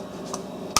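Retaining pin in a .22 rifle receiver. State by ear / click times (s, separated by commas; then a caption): partly seated / 0.8 s. A steel retaining pin is tapped back into the receiver or bolt assembly of a Ruger Takedown Auto .22 rifle: a faint tap around 0.3 s is followed by a sharp metallic tap at 0.8 s. The pin goes in only partly and is not fully seated yet, so it needs another little tap.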